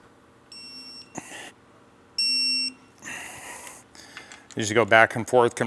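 A digital torque wrench tightens the big brake kit's caliper bracket mounting bolts into the steering knuckle of an INEOS Grenadier to 75 ft-lbs, sounding a beep-like tone when the setting is reached at 0.5 s and 2.2 s. Between and after the beeps come faint handling noises, then someone talks while going back and forth between the bolts to confirm the torque.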